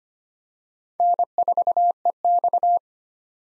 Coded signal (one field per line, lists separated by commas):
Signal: Morse code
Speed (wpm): 25 wpm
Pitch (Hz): 700 Hz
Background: none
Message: N4EX